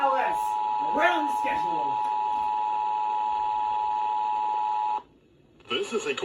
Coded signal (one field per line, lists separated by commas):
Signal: Emergency Alert System (SAME) tones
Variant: 853 and 960 Hz attention tone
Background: speech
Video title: EAS 380 - RMT on WFLS